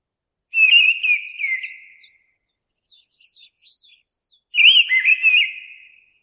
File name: mistle thrush